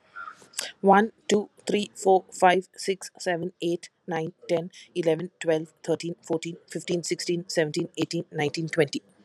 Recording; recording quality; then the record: counting at a fast pace; excellent, no background noise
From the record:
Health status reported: healthy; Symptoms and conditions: none ticked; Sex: female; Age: 43 years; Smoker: not ticked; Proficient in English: yes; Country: India